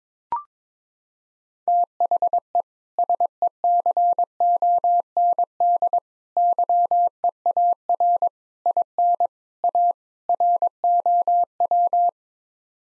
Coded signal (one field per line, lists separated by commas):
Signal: Morse code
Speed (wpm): 22 wpm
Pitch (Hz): 700 Hz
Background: none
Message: THE SECOND YEAR IN A ROW